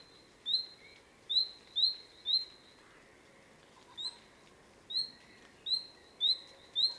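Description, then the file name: Common nightingale calling with sharp, upslurred whistles, given singly or in quick pairs, about nine notes over seven seconds, against a soft background hiss. "Luscinia megarhynchos"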